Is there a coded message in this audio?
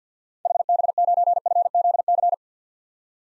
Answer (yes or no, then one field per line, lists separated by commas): yes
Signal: Morse code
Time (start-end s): 0.5-2.3 s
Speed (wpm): 48 wpm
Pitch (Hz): 700 Hz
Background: none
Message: HB9FZC